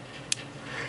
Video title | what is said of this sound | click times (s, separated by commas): Samsung Galaxy S3 PEPK Ultimate Case | so it fits in this little rubber hole you can see here you can see a satisfying little click in there | 0.3 s